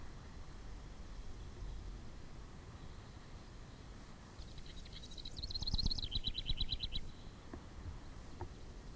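House wren delivering a single bubbling song that breaks into a rapid, regular trill lasting roughly one second, with low-pitched background noise throughout.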